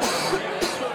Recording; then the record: coughing mixed with background sound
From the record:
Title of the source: 61 morning phlegmy cough...again